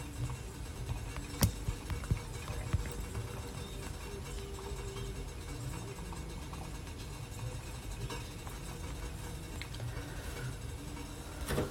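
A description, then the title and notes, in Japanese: Coffee beans, a Mocha blend, being roasted. A steady low rumble of the running roaster fills the whole clip, with a faint hum above it. Sharp isolated clicks pop out now and then, clustered near the start and again toward the end. 今朝は”モカブレンド”を焙煎。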